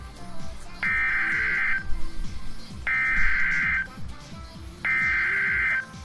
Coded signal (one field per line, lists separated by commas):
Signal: Emergency Alert System (SAME) tones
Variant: header bursts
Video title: EAS Tone Decoding Tutorial (Redux)